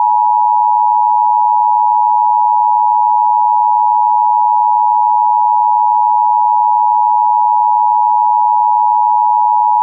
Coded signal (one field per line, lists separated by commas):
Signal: Emergency Alert System (SAME) tones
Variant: 853 and 960 Hz attention tone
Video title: EAS Ex-Hurricane Ophelia aka Yellow Wind Warning (Met Office) (EAS #7) (HD)